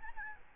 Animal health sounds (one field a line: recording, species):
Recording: mosquito wingbeat signal from an infrared sensor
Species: Aedes albopictus